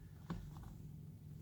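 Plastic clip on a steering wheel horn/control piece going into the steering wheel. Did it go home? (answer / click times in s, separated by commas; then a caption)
yes / 0.3 s. A plastic clip on an FJ Cruiser steering wheel horn/audio-control piece is slid into place on the steering wheel. A sharp click at 0.3 s marks the clip setting in, followed by two fainter taps around 0.6 s over a steady low hum. The part is seated.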